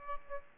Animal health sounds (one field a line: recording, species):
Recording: mosquito wingbeat signal from an infrared sensor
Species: Aedes aegypti